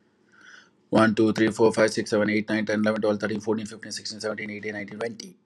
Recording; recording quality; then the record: counting at a fast pace; excellent, no background noise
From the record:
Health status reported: healthy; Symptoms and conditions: none ticked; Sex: male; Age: 43 years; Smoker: not ticked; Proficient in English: yes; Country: India